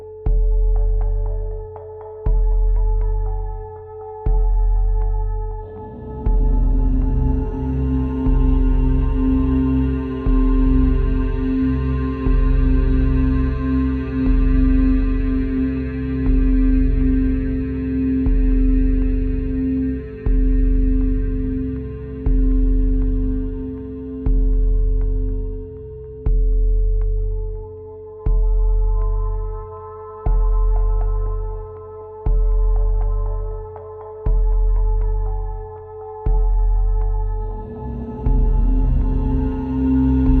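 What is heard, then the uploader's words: Shamanic drums beat a slow, steady pulse, roughly one deep stroke every one to two seconds, each booming low and fading. A sustained ringing tone hums underneath throughout, and from about six to twenty-seven seconds a fuller droning layer swells in, then thins out before returning near the end. Shamanic Drums.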